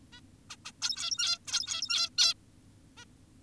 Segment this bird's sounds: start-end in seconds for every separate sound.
0.13-0.20, 0.50-0.56, 0.65-0.72, 0.82-1.39, 1.48-2.10, 2.18-2.34, 2.98-3.05